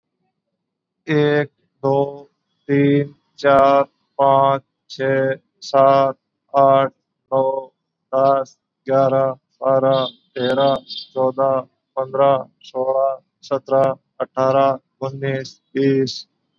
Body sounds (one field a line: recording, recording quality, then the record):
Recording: counting at a normal pace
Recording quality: excellent, no background noise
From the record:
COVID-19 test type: RT-PCR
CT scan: not taken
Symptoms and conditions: none ticked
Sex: male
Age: 39 years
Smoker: yes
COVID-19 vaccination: both doses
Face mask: worn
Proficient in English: yes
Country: India